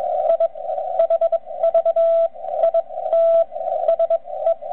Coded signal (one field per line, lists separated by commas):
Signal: Morse code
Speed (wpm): 21 wpm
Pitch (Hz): 660 Hz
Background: radio noise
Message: I HV IT SE